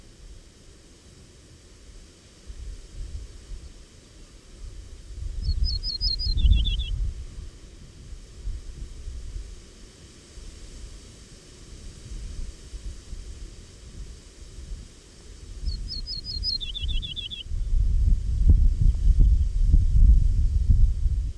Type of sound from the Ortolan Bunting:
song